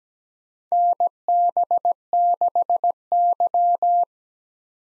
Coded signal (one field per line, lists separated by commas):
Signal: Morse code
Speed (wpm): 17 wpm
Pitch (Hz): 700 Hz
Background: none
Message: NB6Y